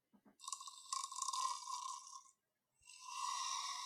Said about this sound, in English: Is that snoring?